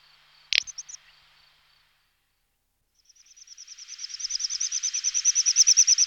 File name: Drop maly Tetrax tetrax